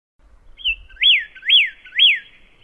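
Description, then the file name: Pyrrhuloxia giving a thin introductory whistle then three ringing rise-and-fall whistled notes at a regular half-second pace, with soft low noise. "suara kicauan burung pyrrhuloxia. omkicau"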